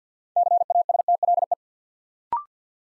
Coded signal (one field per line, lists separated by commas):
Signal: Morse code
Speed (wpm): 49 wpm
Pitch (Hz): 700 Hz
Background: none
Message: CASTLE